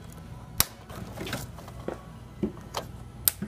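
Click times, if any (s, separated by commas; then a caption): 0.6 s, 2.8 s, 3.3 s. A two-part clear plastic rivet clip is pushed through a display panel tab and ratcheted down over its ribs, giving three sharp plastic clicks at 0.6, 2.8 and 3.3 seconds along with softer handling noises. The three clicks mean the clip is fully seated and completely attached, since stopping at the first rib would leave it weaker.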